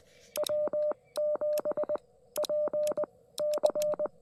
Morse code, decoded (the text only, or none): W7PC